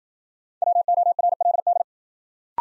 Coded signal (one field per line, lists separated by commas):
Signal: Morse code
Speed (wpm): 53 wpm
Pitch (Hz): 700 Hz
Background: none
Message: WORLD